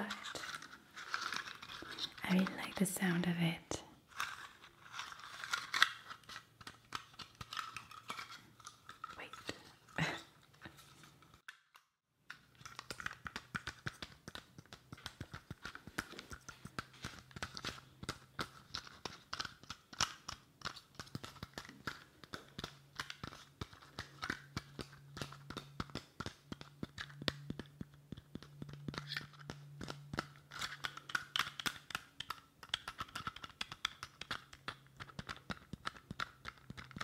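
Rapid, irregular tapping fills the recording, a dense run of sharp, crisp clicks. A low hum comes and goes beneath it, and the tapping briefly stops near the twelve-second mark before resuming just as busily.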